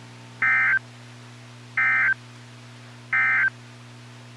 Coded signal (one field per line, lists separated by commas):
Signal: Emergency Alert System (SAME) tones